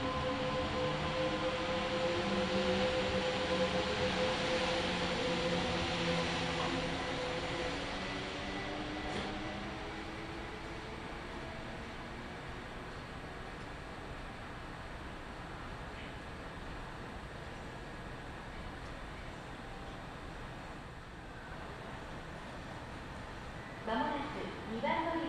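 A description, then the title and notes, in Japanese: A Kintetsu Nagoya Line local train's motor whine falls and fades over the first eight seconds, leaving a steady rumble, then clattering near the end. 近鉄名古屋線各駅停車 川越富洲原→塩浜。車内はほぼガラガラです。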